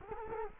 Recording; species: mosquito wingbeat signal from an infrared sensor; Culex quinquefasciatus